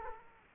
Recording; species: mosquito wingbeat signal from an infrared sensor; Culex quinquefasciatus